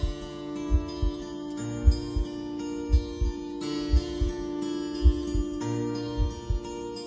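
Soft, low paired thumps of an adult's heartbeat repeat steadily at about 56 beats a minute, each a lub followed closely by a dub. A sustained, humming musical tone plays underneath throughout, as the heartbeat opens a song.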